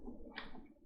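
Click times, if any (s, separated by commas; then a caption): none. A front caster wheel's stem is pushed by hand into its plastic socket on the base of a SurfPrep POV-8 wet/dry sanding vacuum. Low handling noise runs throughout, with a brief brighter scrape around 0.4 s. Nothing has seated or clicked yet.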